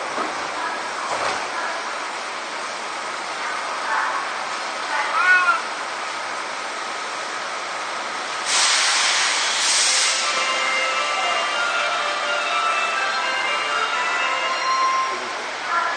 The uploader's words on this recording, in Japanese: 西武6000系 和光市〜新木場。1991年度から1995年度までに製造された6101F - 6117Fの車体は軽量ステンレス製。